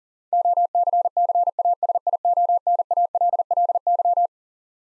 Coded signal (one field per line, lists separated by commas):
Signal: Morse code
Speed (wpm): 37 wpm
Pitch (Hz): 700 Hz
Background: none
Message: OCCASIONALLY